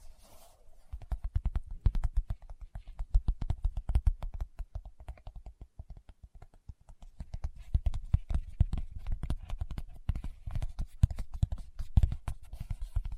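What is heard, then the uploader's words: Fingertips tap rapidly and irregularly on a hard surface, each tap a short, dull knock with a low thump. The tapping runs throughout, thinning slightly around the middle and growing denser and louder after about seven seconds. A faint hum sits underneath. ASMR Tapping with Fingertips (No Talking).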